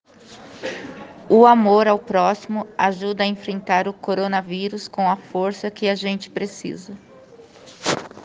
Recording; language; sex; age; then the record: spoken sentence; Brazilian Portuguese; female; 40 to 49 years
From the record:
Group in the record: respiratory insufficiency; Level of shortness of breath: 5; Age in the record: 44 years